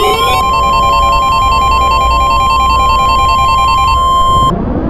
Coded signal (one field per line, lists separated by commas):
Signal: Emergency Alert System (SAME) tones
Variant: 1050 Hz attention tone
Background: music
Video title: (ARCHIVED) EAS Remake: The 3/11 Tsunami